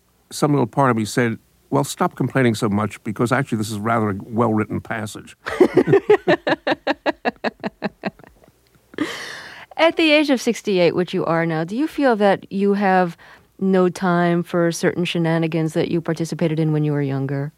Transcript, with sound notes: some little part of me said, Well, stop complaining so much, because actually this is rather a well-written passage.
(LAUGHTER) At the age of 68, which you are now, do you feel that you have no time for certain shenanigans that you participated in when you were younger?